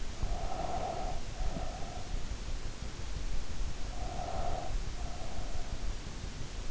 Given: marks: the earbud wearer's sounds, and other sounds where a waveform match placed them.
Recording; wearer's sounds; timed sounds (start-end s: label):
sounds in sleep by an in-ear microphone; breath
0.00-2.18 s: breath
3.74-5.69 s: breath